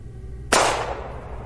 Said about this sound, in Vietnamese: Ngay lập tức, một loạn đạn đã vang lên.